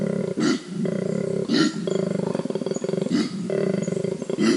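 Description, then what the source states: Koala bellow: rough, throbbing low drones alternate with loud rasping snort-like inhalations roughly every one to two seconds. Loud low-frequency call of grunts and snorts, the snort being the inhalation; produced with a special larynx; can sound like a lion roaring.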